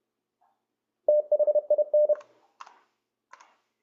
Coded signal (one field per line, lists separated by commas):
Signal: Morse code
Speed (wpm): 29 wpm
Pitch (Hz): 600 Hz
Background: none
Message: THIN